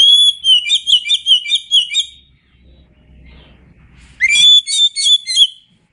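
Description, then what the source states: Oriental magpie-robin song in two rapid bursts of bright, rolling whistled notes separated by a pause. Indonesian name kacer; described as gacor, meaning singing vigorously.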